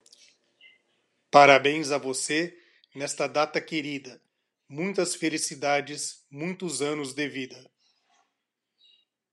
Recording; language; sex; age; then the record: short text; Brazilian Portuguese; male; 40 to 49 years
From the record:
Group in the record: control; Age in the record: 47 years